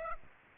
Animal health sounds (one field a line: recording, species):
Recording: mosquito wingbeat signal from an infrared sensor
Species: Aedes aegypti